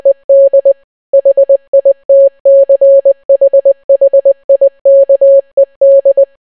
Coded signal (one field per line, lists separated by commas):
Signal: Morse code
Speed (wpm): 20 wpm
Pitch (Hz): 550 Hz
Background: none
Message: ED HITCHHIKED